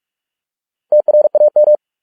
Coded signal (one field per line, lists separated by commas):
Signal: Morse code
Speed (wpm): 46 wpm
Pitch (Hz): 600 Hz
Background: none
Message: TRAM